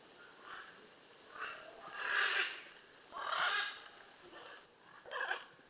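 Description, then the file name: Blue-and-yellow macaw giving hoarse, drawn-out squawks over a background hiss. "Blue and yellow Macaw Ara ararauna"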